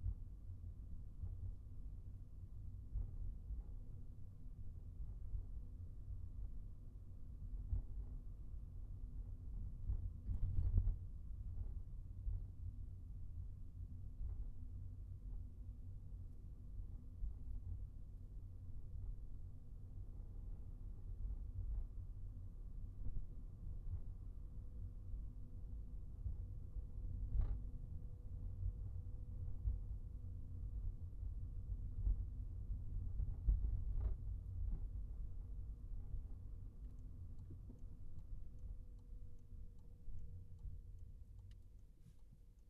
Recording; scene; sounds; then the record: everyday scene through a hearing-aid microphone; in a vehicle; engine, highway traffic jam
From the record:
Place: Skoda Fabia, gasoline engine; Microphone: behind the ear, right, rear